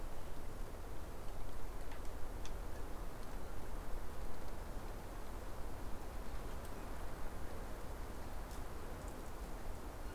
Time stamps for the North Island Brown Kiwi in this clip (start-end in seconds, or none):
none